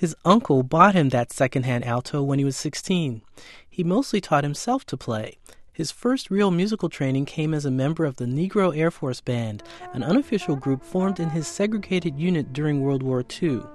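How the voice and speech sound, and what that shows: A single adult man narrates in clear, fluent, evenly paced speech with natural pitch movement and brief pauses between phrases. Articulation and voice quality are ordinary, with no repetitions, blocks or slurring, consistent with no speech disorder.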